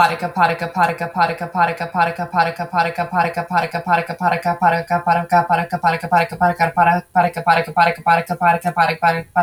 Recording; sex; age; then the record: repeated syllables /pa ta ka/; female; 30 to 39 years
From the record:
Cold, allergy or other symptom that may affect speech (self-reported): no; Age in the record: 32 years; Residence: Washington, United States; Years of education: 16